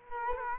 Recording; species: mosquito wingbeat signal from an infrared sensor; Culex quinquefasciatus